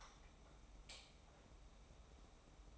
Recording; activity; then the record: daily activity, microphone in the room; light on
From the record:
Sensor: 1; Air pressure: 991.0 hPa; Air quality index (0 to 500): 108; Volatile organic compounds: 97 ppm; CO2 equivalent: 3734 ppm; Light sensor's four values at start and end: 23/51/22/24 and 26/66/27/29